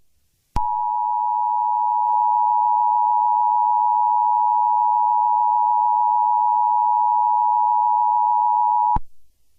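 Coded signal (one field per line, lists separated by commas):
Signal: Emergency Alert System (SAME) tones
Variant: 853 and 960 Hz attention tone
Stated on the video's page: Fictional EAS scenario about a school shooting.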